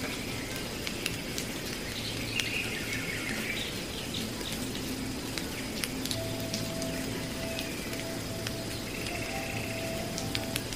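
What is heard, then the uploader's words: Tropical rainforest sounds: a steady, dense patter like light rain, with scattered clicks, a sustained mid tone midway and faint bird calls. Beautiful tropical rainforest sounds.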